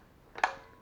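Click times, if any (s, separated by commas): 0.4 s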